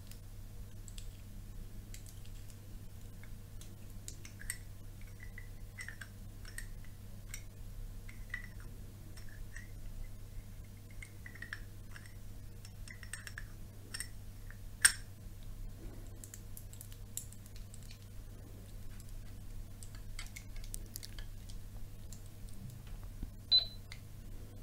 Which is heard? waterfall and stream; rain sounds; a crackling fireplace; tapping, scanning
tapping, scanning